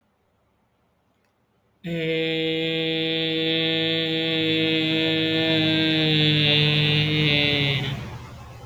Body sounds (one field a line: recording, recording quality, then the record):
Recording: sustained vowel as in made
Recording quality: excellent, no background noise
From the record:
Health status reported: healthy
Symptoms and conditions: hypertension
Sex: male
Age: 23 years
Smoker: no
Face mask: not worn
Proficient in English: no